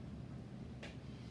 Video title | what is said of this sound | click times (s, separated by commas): Creations By GwiliUITC small flower board | just to where you hear it clicking it just makes it easier when you go to put your petals in | 0.8 s